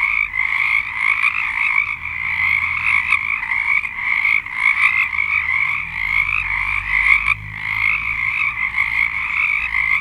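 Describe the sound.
Many frogs trill together in a dense croaking chorus, nearly constant, with a faint low hum underneath in the middle section.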